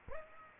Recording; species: mosquito wingbeat signal from an infrared sensor; Aedes aegypti